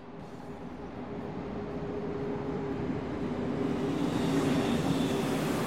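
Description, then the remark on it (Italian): A steady, heavy rumble of a regional train from Venezia Santa Lucia to Trieste Centrale arriving at platform 4 of a station, growing slightly louder over several seconds, with a faint humming tone and rising hiss toward the end. “Treno regionale 11:88 proveniente da Venezia Santa Lucia e diretto a Trieste Centrale, è in arrivo al binario 4.”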